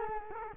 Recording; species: mosquito wingbeat signal from an infrared sensor; Culex quinquefasciatus